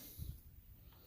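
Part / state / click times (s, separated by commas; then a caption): backing flange on angle grinder spindle / not seated / none. A metal backing flange is handled on the spindle of a Metabo W7-115 Quick angle grinder as it is pushed toward the notches that drive it. Two soft, low thuds come at about 0.2 and 0.3 seconds, followed by quiet, low handling rumble. The flange has not seated or clicked into place yet.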